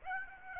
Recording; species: mosquito wingbeat signal from an infrared sensor; Aedes aegypti